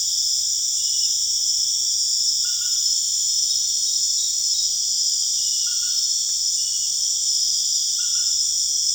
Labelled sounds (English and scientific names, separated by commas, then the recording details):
none
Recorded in secondary vegetation near Puerto Asís, Putumayo, Colombia, on 29 June 2025 at 19:30
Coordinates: 0.485, -76.322
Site GP06